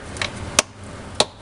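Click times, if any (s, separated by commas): 0.6 s, 1.2 s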